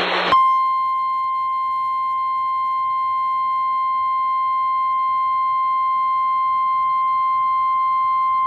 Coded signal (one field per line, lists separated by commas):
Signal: Emergency Alert System (SAME) tones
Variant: 1050 Hz attention tone